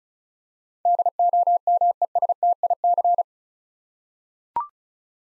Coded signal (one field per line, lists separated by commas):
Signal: Morse code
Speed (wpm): 34 wpm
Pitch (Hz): 700 Hz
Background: none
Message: DOMESTIC